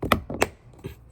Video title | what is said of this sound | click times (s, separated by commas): Tesla latest promotions and free upgrade with lease Shadow lights #modely #tesla #fsd #discounts | Just put it back in, and it'll snap right in. | 0.1 s, 0.4 s